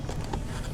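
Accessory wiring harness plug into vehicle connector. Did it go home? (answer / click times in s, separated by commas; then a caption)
no / none. A new accessory wiring harness from a Tusk UTV turn signal, horn and plate light kit is being handled and pushed toward the UTV's connector, with low rumbling handling noise and a short, sharp knock at about 0.3 s. Nothing has seated or clicked yet.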